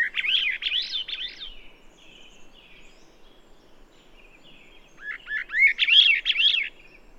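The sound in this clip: Bird song: two bursts of quick, swooping warbled notes, rising and falling, separated by about three seconds of faint chatter.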